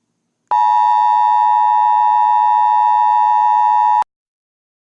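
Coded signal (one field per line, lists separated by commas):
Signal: Emergency Alert System (SAME) tones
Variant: 853 and 960 Hz attention tone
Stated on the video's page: Fictional EAS scenario about shootings, not a real alert.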